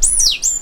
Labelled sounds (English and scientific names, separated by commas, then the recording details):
Stitchbird (Notiomystis cincta) song
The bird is a male
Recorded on Tiritiri Matangi Island, New Zealand, in 2005
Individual 2, of nest box 2